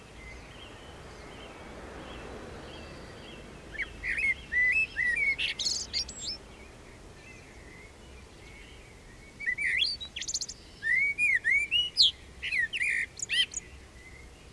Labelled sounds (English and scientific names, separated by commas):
Common Blackbird (Turdus merula) song